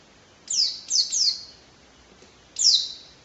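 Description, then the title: White-eye gives three high, sharp down-slurred chirps close together, then a pause and one more chirp. Song style called 'racun', with canary-like variations ('variasi kenari'), rapid bursts ('tembakan') and nonstop singing ('gacor'); 2015. "Pleci RACUN (Variasi kenari , Tembakan , Gacor , new 2015 )"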